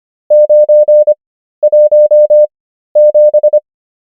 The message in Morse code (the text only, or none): 917